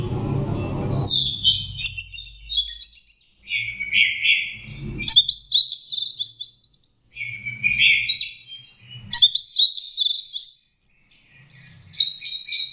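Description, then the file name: Orange-headed thrush song, continuous varied whistles, trills and slurred notes in quick succession, after a brief low rumble at the very start. Indonesian name anis merah; masteran, a training recording for teaching songs to birds. "suara masteran anis merah"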